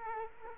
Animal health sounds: mosquito wingbeat signal from an infrared sensor; Culex quinquefasciatus

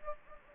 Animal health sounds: mosquito wingbeat signal from an infrared sensor; Anopheles gambiae

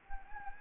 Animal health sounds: mosquito wingbeat signal from an infrared sensor; Anopheles gambiae

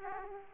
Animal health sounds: mosquito wingbeat signal from an infrared sensor; Aedes aegypti

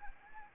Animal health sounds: mosquito wingbeat signal from an infrared sensor; Anopheles arabiensis

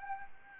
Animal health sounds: mosquito wingbeat signal from an infrared sensor; Aedes albopictus

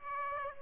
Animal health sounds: mosquito wingbeat signal from an infrared sensor; Aedes aegypti

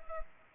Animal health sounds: mosquito wingbeat signal from an infrared sensor; Culex pipiens

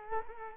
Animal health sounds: mosquito wingbeat signal from an infrared sensor; Culex quinquefasciatus

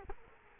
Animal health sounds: mosquito wingbeat signal from an infrared sensor; Culex quinquefasciatus

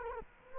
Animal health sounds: mosquito wingbeat signal from an infrared sensor; Culex quinquefasciatus

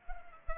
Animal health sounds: mosquito wingbeat signal from an infrared sensor; Culex pipiens

